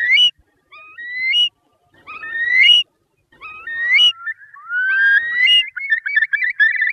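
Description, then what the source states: Curlew giving several separate rising, upslurred whistles, then a long climbing whistle that breaks into a bubbling trill. Filtered.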